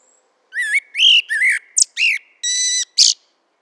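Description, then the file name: Eurasian blackbird singing a quick run of mellow whistled notes, some rising and some falling, ending in a brief high squeaky flourish; no other sounds. "Turdus merula"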